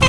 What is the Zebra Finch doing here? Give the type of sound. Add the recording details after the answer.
tet call. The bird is a female. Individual fem11